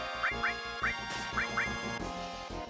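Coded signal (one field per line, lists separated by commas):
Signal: none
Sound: a game's menu sounds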